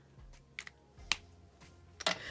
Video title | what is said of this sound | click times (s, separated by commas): Tombow Marker Tips, Tricks & Techniques Playlist Video 2: Tombow Info, Tips & Storage | sorry that's something to make sure that you're doing when you're closing them make sure that you hear that little click | 1.1 s